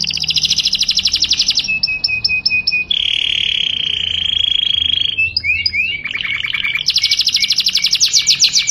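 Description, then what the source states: Canary song with rapid high trills, a short run of repeated chips, then a long steady buzzing roll and fast warbled notes before another bright trill. Canary song in the long-rolling style called ngerol panjang.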